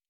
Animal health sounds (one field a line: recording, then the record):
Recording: hydrophone in a shrimp aquaculture tank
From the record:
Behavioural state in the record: normal